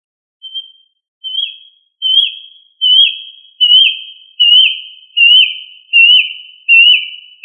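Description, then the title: Australorp chicken peeping, a steady run of piercing falling whistles, growing slightly louder, repeated roughly every three quarters of a second. "manok ostrali"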